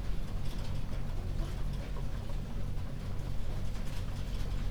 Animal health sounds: poultry house recording; healthy chickens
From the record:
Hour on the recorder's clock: 21

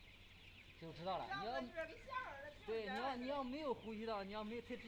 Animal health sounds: poultry house recording; healthy chickens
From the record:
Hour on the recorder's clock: 9

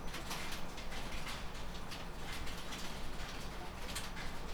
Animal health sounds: poultry house recording; healthy chickens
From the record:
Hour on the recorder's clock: 12

